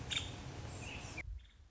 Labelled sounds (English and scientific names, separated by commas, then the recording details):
Nuttall's Woodpecker (Dryobates nuttallii)
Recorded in Sonoma County, California